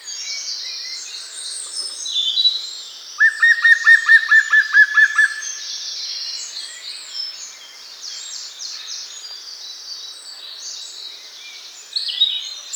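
Bird song: a short burst of several quick, even slurred notes in the middle, set against a busy background of higher chirping.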